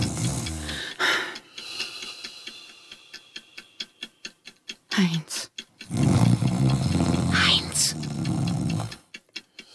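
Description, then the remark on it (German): Loud, rasping snores come in long, rumbling bursts, separated by a steady run of sharp, rhythmic ticking clicks. “Dieses Schnarchen unterbrechen.”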